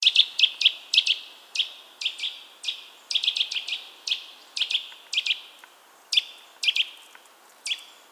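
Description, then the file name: Eurasian nuthatch giving a rapid, irregular series of loud, clipped, piping call notes, continuing throughout. "Sitta europaea"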